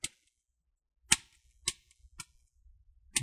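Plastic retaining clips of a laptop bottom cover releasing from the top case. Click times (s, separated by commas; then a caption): 0.0 s, 1.1 s, 1.7 s, 2.2 s, 3.2 s. A guitar pick is wedged 2-3 mm between the plastic bottom and top covers of an ASUS X541N laptop, then twisted and walked along the edge to release the bottom cover's plastic retaining clips. Sharp snapping clicks are heard at 0.0, 1.1, 1.7, 2.2 and 3.2 seconds, with a faint tick around 1.9 seconds and low scraping between them. The clips pop open one after another, and the cover is released.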